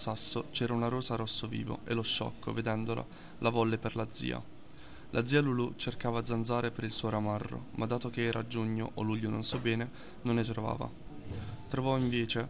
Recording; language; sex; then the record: read passage; Italian; male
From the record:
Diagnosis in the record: healthy control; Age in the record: 19 years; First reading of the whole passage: 38 s, 13.5 characters per second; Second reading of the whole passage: 40 s, 12.9 characters per second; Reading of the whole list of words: 43 s, 6.6 characters per second